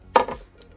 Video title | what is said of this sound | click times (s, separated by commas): Marvel Legends Thanos 6 Inch Action Figure Review | um which is pretty cool we can actually take off his basic head and popping it straight off | 0.2 s